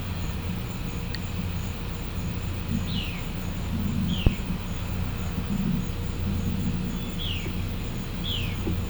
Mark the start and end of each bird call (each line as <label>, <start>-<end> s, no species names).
bird call, 2.79-3.11 s
bird call, 4.07-4.34 s
bird call, 7.11-7.52 s
bird call, 8.26-8.57 s